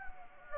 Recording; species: mosquito wingbeat signal from an infrared sensor; Anopheles gambiae